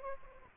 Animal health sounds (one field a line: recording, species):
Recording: mosquito wingbeat signal from an infrared sensor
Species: Aedes aegypti